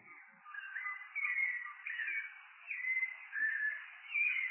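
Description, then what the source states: Rufous-bellied thrush singing a varied series of warbled phrases. One of the birds with the most varied song; in spring males sing for hours without stopping to attract females.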